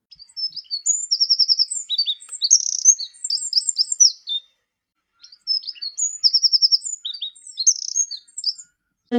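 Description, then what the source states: Wren song, a loud high-pitched fast run of trills and sharp chirps lasting about four seconds, a brief pause, then the whole song repeated. Call described as bright.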